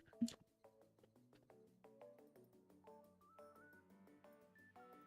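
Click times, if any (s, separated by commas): 0.3 s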